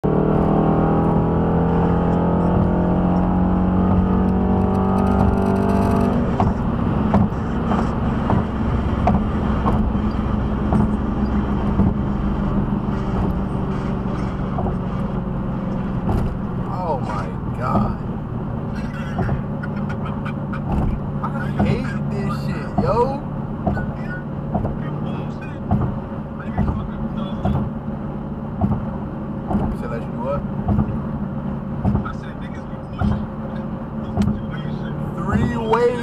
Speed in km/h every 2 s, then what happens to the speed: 151, 167, 179, 175, 166, 156, 151, 142, 126, 114, 113, 113, 114, 114, 113, 113, 111, 114.
0-5 speeds up to 179. 5-18 brakes to 114. 18-36 steady at about 113.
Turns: none.